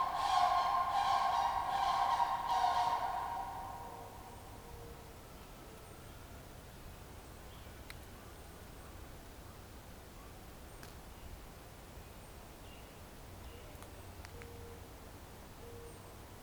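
A spring night soundscape opens with a loud, buzzy call around 1 kHz that pulses for about four seconds, then fades out. Afterward a low, steady hush remains, broken by a few faint clicks and soft short chirps scattered through the rest.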